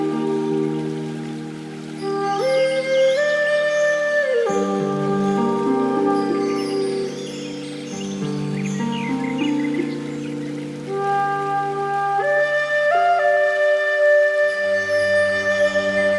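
Meditation music of slow, sustained pads holds steady chords that shift every four seconds or so, with a low drone underneath and soft high tones above. A gentle patter like light rain runs faintly beneath at an even, calm level.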